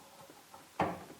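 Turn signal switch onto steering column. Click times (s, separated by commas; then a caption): 0.8 s. A turn signal switch assembly on a Datsun 280Z is worked by feel onto the steering column until it drops into its locating position. After quiet handling, a single dull clunk is heard at 0.8 s as it seats. The switch is now in place and can no longer be rotated on the column.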